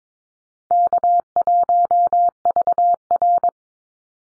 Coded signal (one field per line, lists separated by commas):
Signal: Morse code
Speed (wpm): 22 wpm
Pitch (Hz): 700 Hz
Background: none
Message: K1VR